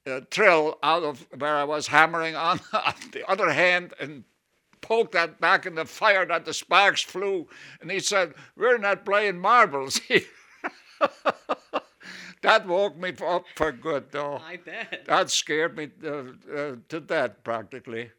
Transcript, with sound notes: drill out of where I was hammering on the other hand and pulled that back in the fire that the sparks flew and he said, "We're not playing marbles here!" (he laughs) That woke me up for good, though.
I bet!
That scared me to death, practically.